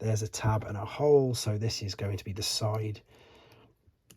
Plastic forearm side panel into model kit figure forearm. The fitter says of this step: I was going to say snap into place but that's an over exaggeration you've just got to forcefully push it in